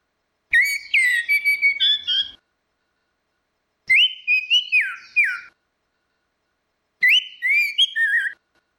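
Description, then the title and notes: Orange-headed thrush giving three similar whistled phrases, each ending lower, roughly every three seconds with silence between. Continuous singing (ngeplong) used as a training (masteran) recording for cage birds. "Suara Burung Anis Merah Ngeplong. Masteran Anis Kembang"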